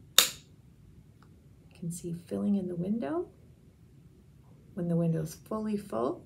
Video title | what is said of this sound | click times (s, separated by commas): How-to: Adalimumab Injections Tutorial for Juvenile Arthritis + other Childhood Rheumatic Diseases | you'll hear a click | 0.2 s